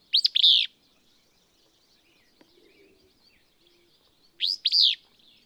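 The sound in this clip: Willow Flycatcher sings two buzzy, sneezy two-part phrases about four seconds apart, with soft low notes in the pause.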